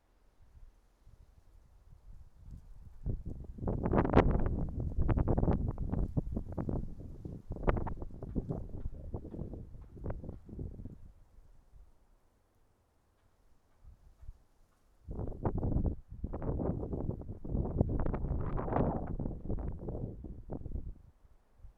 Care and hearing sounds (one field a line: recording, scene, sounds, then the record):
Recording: everyday scene through a hearing-aid microphone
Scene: wind on the microphone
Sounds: wind, traffic, birds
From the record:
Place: suburban garden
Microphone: behind the ear, right, front